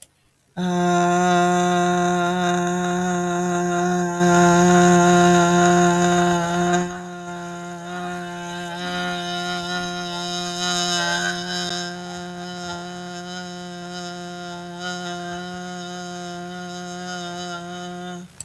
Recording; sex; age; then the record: vowel held as long as possible; female; 40 to 49 years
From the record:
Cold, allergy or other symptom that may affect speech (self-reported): no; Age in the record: 46 years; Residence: Pennsylvania, United States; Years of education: 14